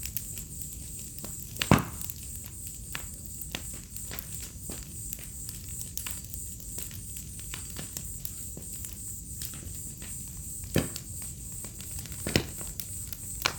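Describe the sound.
Crickets in a continuous high, steady chorus throughout, with sharp crackles and pops scattered across it.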